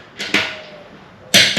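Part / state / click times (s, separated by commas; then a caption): click-type torque wrench on a wheel lug nut / torque reached / 0.3 s. A click-type torque wrench tightens a wheel lug nut until it clicks at its setting at 0.3 s, a sharp metallic snap that rings briefly. A softer tap comes just before it, and another loud broadband hit comes near the end of the clip.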